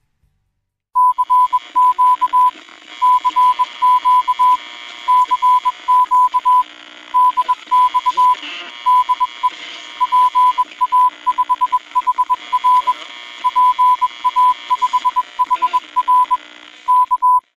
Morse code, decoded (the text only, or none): CQ CQ CQ DX DE PA5HR PA5HR K